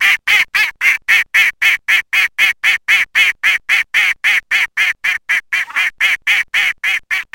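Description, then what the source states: Mallard giving a long, even series of rasping quacks, close to four every second, with no break and no other sounds. Spring.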